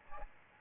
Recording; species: mosquito wingbeat signal from an infrared sensor; Aedes albopictus